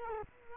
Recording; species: mosquito wingbeat signal from an infrared sensor; Culex quinquefasciatus